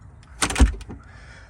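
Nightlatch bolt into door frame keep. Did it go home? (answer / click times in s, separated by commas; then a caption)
no / none. A door fitted with a badly installed nightlatch is pushed closed against its frame, giving a faint tick at about 0.2 s, a loud thud at 0.4 s that rumbles on to about 0.7 s, and two lighter knocks near 0.8 and 0.9 s. It sounds shut, but the latch bolt has not caught in the keep, which was never cut into the frame, so nothing has latched.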